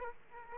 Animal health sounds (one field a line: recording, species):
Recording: mosquito wingbeat signal from an infrared sensor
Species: Aedes aegypti